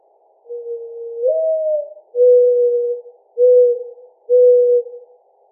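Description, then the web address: Mourning Dove cooing: a soft hoo that slurs upward, then three steady, mellow hoots about a second apart. Recorded 14 July 2009. "Mourning Dove 2009 07 14"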